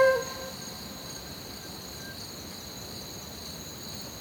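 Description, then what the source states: Crickets give a continuous high trilling chorus after a brief flute note fades at the start, with faint low background hum. Crickets chirping at night in an orchard, recorded from a balcony on a Zoom H6 in one take while flute was played; compression and a touch of reverb added.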